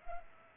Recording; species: mosquito wingbeat signal from an infrared sensor; Culex pipiens